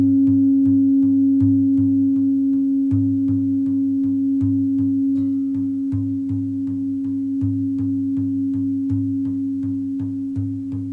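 Shamanic drumming: steady, low drum beats land about twice a second in an even, unhurried pulse, each with a soft click on top. Beneath them a constant ringing tone, like a singing bowl, holds at one pitch throughout, and the whole passage fades slightly toward the end.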